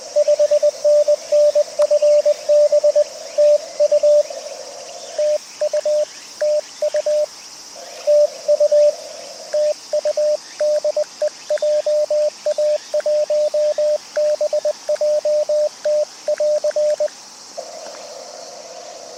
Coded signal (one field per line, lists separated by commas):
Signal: Morse code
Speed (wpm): 20 wpm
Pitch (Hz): 590 Hz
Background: radio noise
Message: 5NN FB TU TU TU TU TU DE JA1BJT <AR>